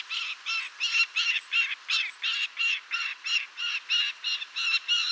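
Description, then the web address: Lanner falcon giving harsh, grating cackles, a rapid series of about three clipped notes per second, steady and even throughout, with no other sounds evident. "sound Lanner-falcon. صدای-پرنده-لاچين"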